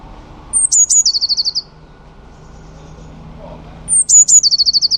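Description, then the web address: "cianscape."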